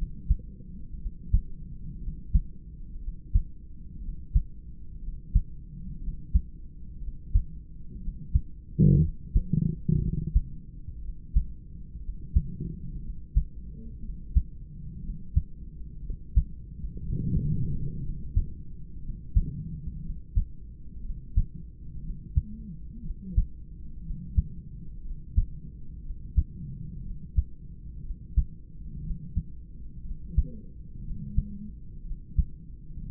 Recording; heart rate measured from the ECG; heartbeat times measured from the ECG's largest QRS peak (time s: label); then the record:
heart sounds by stethoscope; 60 bpm
0.97 s: heartbeat
1.98 s: heartbeat
2.98 s: heartbeat
3.99 s: heartbeat
4.99 s: heartbeat
5.98 s: heartbeat
6.98 s: heartbeat
7.98 s: heartbeat
8.99 s: heartbeat
9.99 s: heartbeat
10.99 s: heartbeat
11.99 s: heartbeat
13.00 s: heartbeat
13.99 s: heartbeat
15.00 s: heartbeat
16.08 s: heartbeat
17.00 s: heartbeat
17.99 s: heartbeat
19.00 s: heartbeat
20.00 s: heartbeat
21.00 s: heartbeat
22.00 s: heartbeat
23.00 s: heartbeat
24.01 s: heartbeat
25.01 s: heartbeat
26.00 s: heartbeat
27.01 s: heartbeat
28.00 s: heartbeat
29.00 s: heartbeat
30.01 s: heartbeat
31.01 s: heartbeat
32.01 s: heartbeat
33.01 s: heartbeat
From the record:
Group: heart failure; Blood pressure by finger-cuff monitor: 117/72 mmHg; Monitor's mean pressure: 88 mmHg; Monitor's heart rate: 60 bpm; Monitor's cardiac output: 4 L/min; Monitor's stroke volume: 67 mL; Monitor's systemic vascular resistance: 1620 dyn s/cm5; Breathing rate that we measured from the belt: 26 breaths a minute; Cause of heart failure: idiopathic cardiomyopathy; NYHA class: 2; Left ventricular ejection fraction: 17%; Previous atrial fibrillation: present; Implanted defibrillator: present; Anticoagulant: edoxaban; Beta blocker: bisoprolol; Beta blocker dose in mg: 7.5 twice daily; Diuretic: furosemide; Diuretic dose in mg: 20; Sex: male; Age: 63 years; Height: 160 cm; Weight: 69 kg